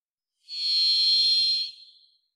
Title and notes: Varied Thrush, clean. Varied Thrush, Ixoreus naevius, song, parabolic single-species recording, processed for clarity, natural pace and rhthym maintained Recorded in the beautiful Pacific Northwest, Washington, United States